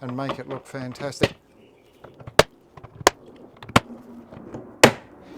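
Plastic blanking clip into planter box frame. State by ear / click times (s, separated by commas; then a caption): seated / 2.4 s, 3.1 s, 3.8 s, 4.8 s. Someone talks, then plastic blanking clips are slid sideways into the side of a Foodcube slim modular planter box frame, fitted to neaten it up and make it look good. Four sharp, loud snaps ring out at 2.4, 3.1, 3.8 and 4.8 seconds as each clip locks into place, leaving the clips seated in the frame.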